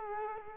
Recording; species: mosquito wingbeat signal from an infrared sensor; Culex quinquefasciatus